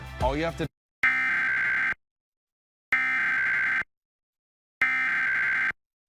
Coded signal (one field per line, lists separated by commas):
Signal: Emergency Alert System (SAME) tones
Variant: header bursts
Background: speech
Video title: Child Abduction Emergency on WDPN-TV [EAS #1,137]